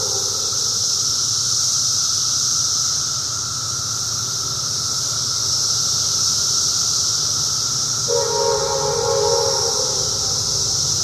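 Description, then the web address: Cicadas drone in a constant high-pitched chorus with slow swells; near the end a sustained tonal hum joins the sound. Recorded in 2004. "~paradise cicadas 2004"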